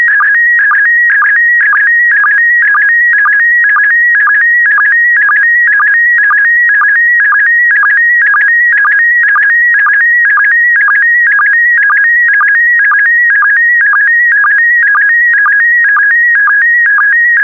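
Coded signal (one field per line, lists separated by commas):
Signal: SSTV (slow-scan television)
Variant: PD120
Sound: warbling electronic tone shifting between pitches, with steady rhythmic low chirps twice a second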